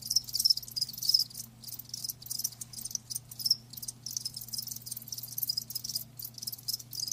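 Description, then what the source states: Crickets trilling in a high, buzzy chorus that swells and dips in short bursts, a soft low hum in the background. Live crickets chirping, a lulling song.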